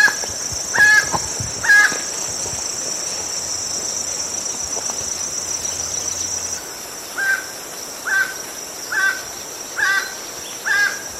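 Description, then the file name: Emerald toucanet: a couple of croaks amid rustling and clicks early on, then after a pause a clear series about once a second, over a steady high insect drone. "Canto do tucaninho verde"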